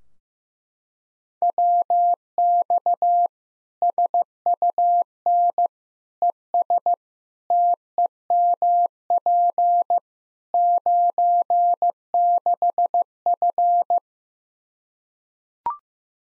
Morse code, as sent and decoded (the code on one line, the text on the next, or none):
.-- -..- / ... ..- -. / . ... / - . -- .--. / ----. -.... ..-.
WX SUN ES TEMP 96F